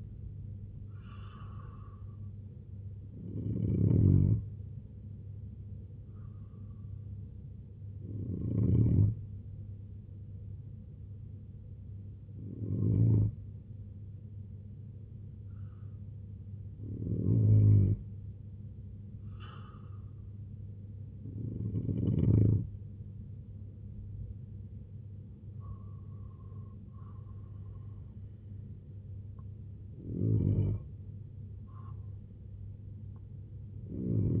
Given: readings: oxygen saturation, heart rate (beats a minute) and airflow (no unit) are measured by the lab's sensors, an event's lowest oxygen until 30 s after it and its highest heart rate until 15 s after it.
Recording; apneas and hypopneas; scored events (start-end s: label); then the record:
breathing in sleep by a smartphone at the bedside; none
none scored
From the record:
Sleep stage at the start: N2 (light sleep); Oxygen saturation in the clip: 85 to 92%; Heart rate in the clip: 61 to 80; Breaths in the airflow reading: 6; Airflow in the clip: -4.2 to 7.1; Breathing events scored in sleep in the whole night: 258 in 7.4 hours asleep